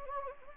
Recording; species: mosquito wingbeat signal from an infrared sensor; Anopheles gambiae